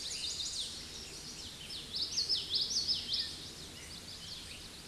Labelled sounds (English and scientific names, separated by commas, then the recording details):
Common Yellowthroat (Geothlypis trichas) song
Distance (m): 15 m
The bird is about 5 m above the microphone
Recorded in a Pennsylvania forest on 16 May 2024 at 08:15
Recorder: AudioMoth, point MSD-1418
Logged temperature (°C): 16.4 °C
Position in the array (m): 225 m, 186 m